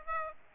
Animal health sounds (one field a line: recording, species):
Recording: mosquito wingbeat signal from an infrared sensor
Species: Aedes aegypti